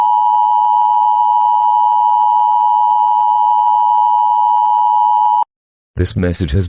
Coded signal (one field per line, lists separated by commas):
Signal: Emergency Alert System (SAME) tones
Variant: 853 and 960 Hz attention tone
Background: speech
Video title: THE VODKA KING EAS SCENARIO